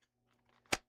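A component is pushed into a 3D printed pod mount on an FPV drone build, with faint rubbing and scraping as it is pressed in. A sharp click at 0.7 s marks the part popping into place and seating in the mount.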